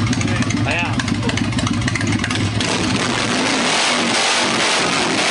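An early 1902 motorcycle, a bicycle with a leather belt running from wheel to engine and a one-gallon tank, runs with a steady, low throbbing chug that holds loud throughout, then turns into a rougher, noisier roar partway through.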